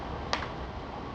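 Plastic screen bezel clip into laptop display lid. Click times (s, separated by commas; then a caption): 0.3 s. While replacing the LED screen on an HP G60-513NR notebook, the plastic screen bezel clips are pressed into the laptop display lid over a steady low hiss. A single sharp click sounds at 0.3 s as a bezel clip seats, showing everything is fitted inside.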